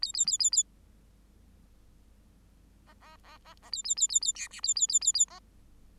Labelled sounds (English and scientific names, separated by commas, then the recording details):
Bengalese Finch (Lonchura striata domestica) song
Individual Bird8